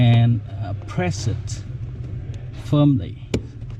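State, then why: Not seated. A RaceChip XLR throttle tuning module's harness connector is handled at the accelerator pedal sensor plug of a Jeep Gladiator while someone talks over a low, steady rumble, with a couple of faint brief ticks. The connector is not yet pressed home; nothing has seated or clicked yet.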